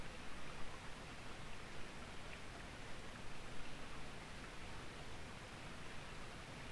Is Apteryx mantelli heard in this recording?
no